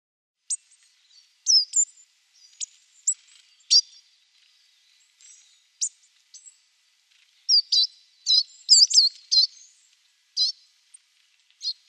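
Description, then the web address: Great tit calls: scattered short, high chirps and sharp notes, some in quick clusters, irregularly spaced, with several louder bursts in the second half. "Schulze Peter Great Tit calls"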